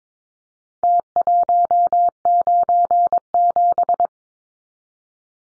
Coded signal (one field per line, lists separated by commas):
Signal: Morse code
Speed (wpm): 22 wpm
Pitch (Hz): 700 Hz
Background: none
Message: T197